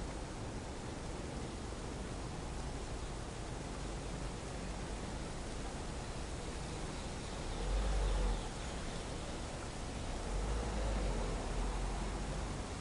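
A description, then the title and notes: Steady, dense rainy city hiss fills the whole span, with low rumbling swells around eight seconds and again from ten to twelve. Slumbering City: Rainy Soundscapes for Tranquil Nights. Rainy city white noise, urban white noise, city rainfall, ambient city sounds, rain noise.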